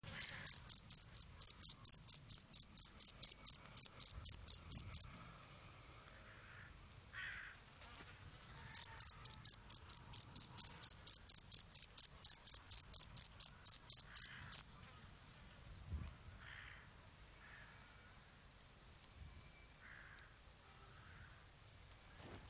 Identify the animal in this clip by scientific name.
Chorthippus brunneus